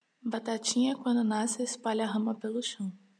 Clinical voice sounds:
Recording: short text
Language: Brazilian Portuguese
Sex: female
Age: 20 to 29 years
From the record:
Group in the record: control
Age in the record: 28 years

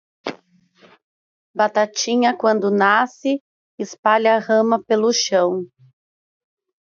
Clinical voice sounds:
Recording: short text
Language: Brazilian Portuguese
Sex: female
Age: 30 to 39 years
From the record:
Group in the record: control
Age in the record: 32 years

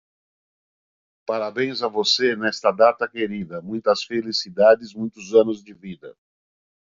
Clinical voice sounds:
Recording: short text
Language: Brazilian Portuguese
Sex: male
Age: 50 to 59 years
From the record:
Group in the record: control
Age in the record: 56 years

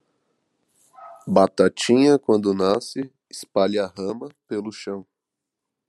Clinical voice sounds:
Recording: short text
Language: Brazilian Portuguese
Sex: male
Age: 20 to 29 years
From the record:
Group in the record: control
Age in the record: 23 years

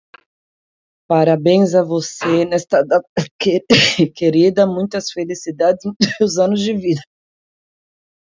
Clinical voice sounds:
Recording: short text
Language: Brazilian Portuguese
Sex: female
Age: 30 to 39 years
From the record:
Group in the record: control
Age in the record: 35 years

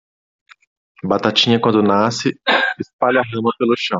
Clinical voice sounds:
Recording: short text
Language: Brazilian Portuguese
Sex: male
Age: 40 to 49 years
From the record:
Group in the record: control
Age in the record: 41 years

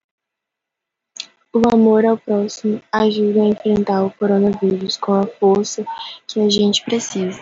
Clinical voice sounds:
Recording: spoken sentence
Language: Brazilian Portuguese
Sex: female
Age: 18 to 19 years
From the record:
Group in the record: control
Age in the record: 18 years

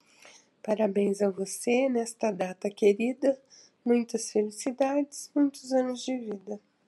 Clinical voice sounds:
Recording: short text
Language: Brazilian Portuguese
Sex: female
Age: 60 to 69 years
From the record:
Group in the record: control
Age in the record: 65 years

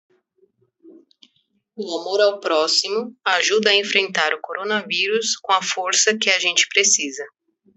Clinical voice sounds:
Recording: spoken sentence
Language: Brazilian Portuguese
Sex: female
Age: 30 to 39 years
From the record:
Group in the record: control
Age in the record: 31 years

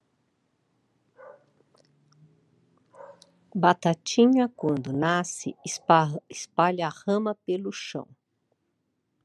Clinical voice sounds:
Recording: short text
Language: Brazilian Portuguese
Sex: female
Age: 60 to 69 years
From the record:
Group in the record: control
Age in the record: 62 years

